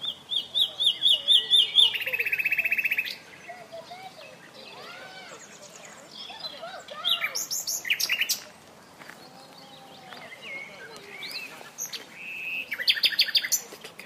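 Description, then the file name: Common nightingale song: loud rapid repeated notes, a buzzy trill, then varied phrases with pauses between them; softer whistles underneath. "Luscinia megarhynchos"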